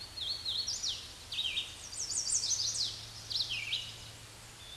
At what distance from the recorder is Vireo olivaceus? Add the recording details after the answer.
about 20 m. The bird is about 15 m above the microphone. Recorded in a Pennsylvania forest on 16 May 2024 at 08:18. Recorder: AudioMoth, point MSD-2258. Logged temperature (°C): 15.2 °C. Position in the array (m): 165 m, 69 m